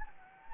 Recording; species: mosquito wingbeat signal from an infrared sensor; Anopheles gambiae